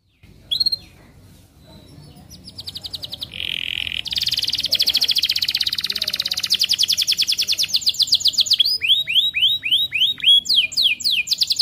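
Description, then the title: Canary song building from scattered chirps into a loud, steady rapid trill, ending with repeated swept whistles and quick notes. Canary song, lively, with varied ornamented phrases and rich filler notes. "Kenari Gacor Cengkok Terbaik Isian Paling Mewah"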